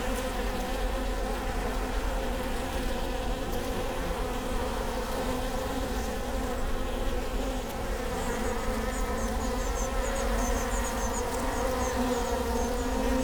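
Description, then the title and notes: Honey bees giving a constant low hive hum; in the second half a faint, rapid, high chirping series runs over the buzz. Bee hive at Prinzessinnengarten II, Hermannstraße, Berlin, Germany; recorded with Sony PCM D50 and Primo EM172 microphone. "Prinzessinnengarten II, Hermannstraße, Berlin, Deutschland - bee hive. bee hive at Prinzessinnengarten (Sony PCM D50, Primo EM172)"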